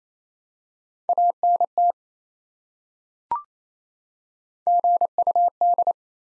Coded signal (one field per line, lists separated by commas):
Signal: Morse code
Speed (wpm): 28 wpm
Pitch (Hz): 700 Hz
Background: none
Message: ANT GUD